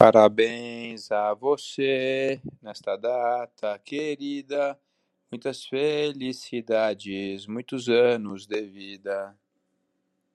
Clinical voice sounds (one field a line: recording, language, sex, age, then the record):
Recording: short text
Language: Brazilian Portuguese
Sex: male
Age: 40 to 49 years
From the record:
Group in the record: control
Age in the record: 49 years